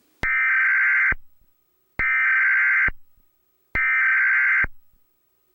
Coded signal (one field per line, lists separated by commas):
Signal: Emergency Alert System (SAME) tones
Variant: header bursts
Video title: EAS Scenario - Banana Eats